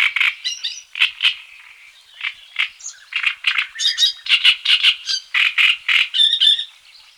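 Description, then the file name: Great reed warbler song: harsh, grating, croaky notes in quick chattering bursts, about four per second, with rasping and squeaky phrases alternating unevenly throughout. Song recorded in 2004. "roche. drosselrohrsaenger"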